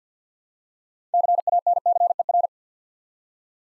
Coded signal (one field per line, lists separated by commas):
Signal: Morse code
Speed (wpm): 47 wpm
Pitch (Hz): 700 Hz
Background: none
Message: CANCER